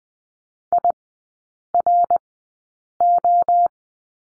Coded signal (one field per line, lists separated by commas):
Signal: Morse code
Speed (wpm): 20 wpm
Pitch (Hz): 700 Hz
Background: none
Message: IRO